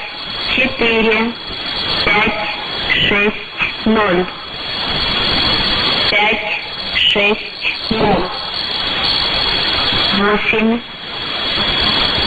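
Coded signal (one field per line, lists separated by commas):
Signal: numbers station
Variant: S06s, Russian female voice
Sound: a woman's voice reading short, evenly spaced words over hiss, with a faint steady whistle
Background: radio static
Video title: 12 03 2019 S06s Russian Lady numbers station in Russian to Eu 0730 on 7425 unknown tx site USB+AM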